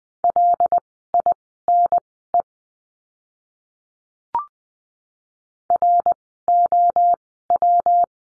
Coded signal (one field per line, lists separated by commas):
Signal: Morse code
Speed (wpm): 20 wpm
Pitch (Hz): 700 Hz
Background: none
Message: LINE ROW